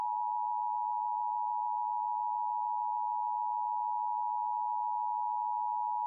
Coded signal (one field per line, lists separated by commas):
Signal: Emergency Alert System (SAME) tones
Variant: 853 and 960 Hz attention tone